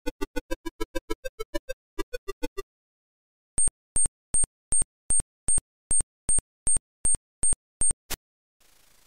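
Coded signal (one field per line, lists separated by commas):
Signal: none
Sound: a game's sound effects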